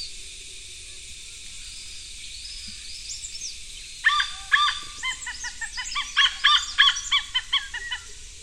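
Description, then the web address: Malabar pied hornbill calls: about four seconds in, a run of harsh, cackling, harmonic notes begins and repeats quickly, over a steady high drone. "malabar pied hornbill. صدای-پرنده-نوکشاخ-مالابار"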